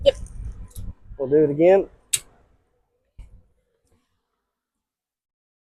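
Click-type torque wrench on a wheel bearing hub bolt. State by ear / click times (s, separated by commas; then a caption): torque reached / 2.1 s. A click-type torque wrench is pulled again on the first bolt of a wheel bearing hub on a 2008 Sentra while someone talks. A sharp metallic click sounds at 2.1 seconds, confirming the bolt is torqued to 44 ft-lb.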